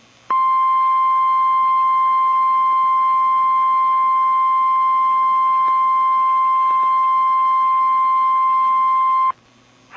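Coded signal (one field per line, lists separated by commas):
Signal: Emergency Alert System (SAME) tones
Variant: 1050 Hz attention tone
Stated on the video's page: Real Emergency Alert System Flash Flood Emergency for Baltimore City, issued by the National Weather Service in Sterling, Virginia.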